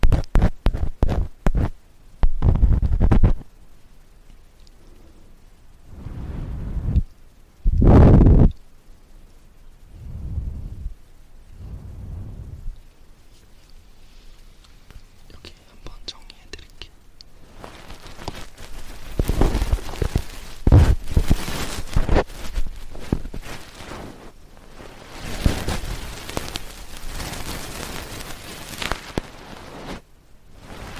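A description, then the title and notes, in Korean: Ear cleaning with a fluffy ear pick: a few sharp clicks open the clip, then soft, low swooshing strokes come every couple of seconds. After a quiet pause, a dense, hissing rustle of brushing and scratching fills the last half, rising and falling in waves. 솜털귀이개로 귀청소.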